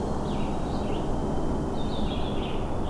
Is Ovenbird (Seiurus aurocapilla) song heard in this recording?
no